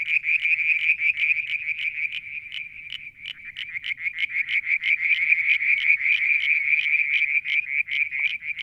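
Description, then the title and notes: Frogs giving a rapid train of high, pulsed notes throughout. Evening near a water tank at Mount Wilson, New South Wales, Australia, July 2022. "Frog song, Mount Wilson, New South Wales, Australia in July 2022 – by Alexander Moffatt. Limnodynastes Peronii, Litoria Verreauxii and a mystery frog one evening near the water tank"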